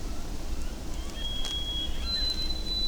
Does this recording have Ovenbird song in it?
no